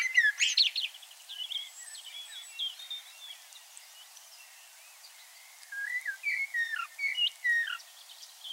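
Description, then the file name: Common blackbird singing fairly softly, a twittery burst at the start and later a run of mellow warbled notes, separated by a quieter stretch. "Turdus merula"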